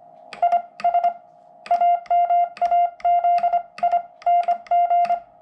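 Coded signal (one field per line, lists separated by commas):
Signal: Morse code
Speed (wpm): 25 wpm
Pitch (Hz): 700 Hz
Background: none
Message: IS AMAZING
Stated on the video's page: Morse sent on the Ultra Porta Paddle, a portable US-made Morse code paddle.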